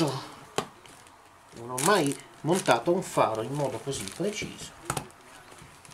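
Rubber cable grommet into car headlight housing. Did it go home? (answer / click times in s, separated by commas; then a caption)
no / none. A rubber cable grommet is handled around the plastic housing of a Panda 141 headlight as the headlight is refitted, while someone talks over it. Brief sharp knocks are heard near 0.6 s and 4.9 s, but nothing has seated or clicked into place yet.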